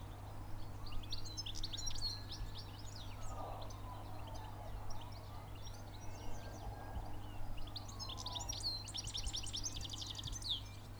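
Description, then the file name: European goldfinch twittering: quick liquid tinkling notes in scattered bursts, busier near the end, over a steady low hum and a faint passing drone. "Carduelis carduelis"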